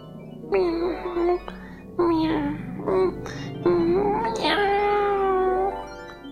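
Comic the cat, sleeping in Mary Poppins' lap, meows softly and repeatedly in contentment, about five drawn-out, tonal meows in a row, some rising and falling in pitch, with the last one held longest.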